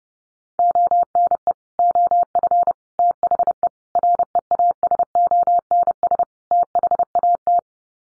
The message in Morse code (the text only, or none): ONE OF THE REASONS THAT